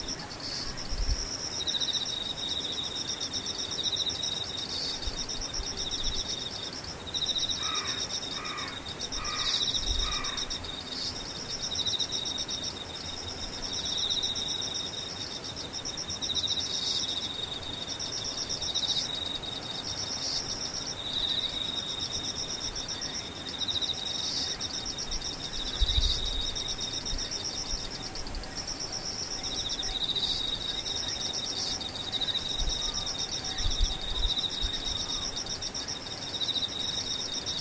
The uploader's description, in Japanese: ムシ